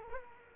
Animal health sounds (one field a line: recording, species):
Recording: mosquito wingbeat signal from an infrared sensor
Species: Culex quinquefasciatus